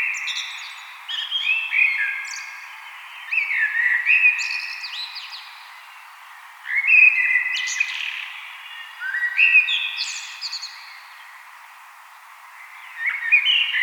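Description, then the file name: Common blackbird song: several fluted, warbling phrases, each ending in a higher scratchy twitter, with short pauses of a second or two between phrases. "Turdus merula"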